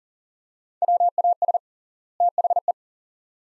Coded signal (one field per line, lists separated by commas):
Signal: Morse code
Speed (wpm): 37 wpm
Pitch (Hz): 700 Hz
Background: none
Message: WAS THE